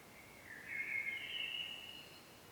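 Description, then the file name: Common blackbird giving one smooth fluty phrase that dips, then rises and trails off, against background hiss. "Turdus merula"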